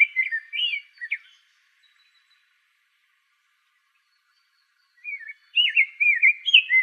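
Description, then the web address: Rose-breasted grosbeak song fragments: a short warbled phrase, a long silent gap, then another bright run of looping, slurred notes. Arizona. "Grosbeaks Buntings RBGR"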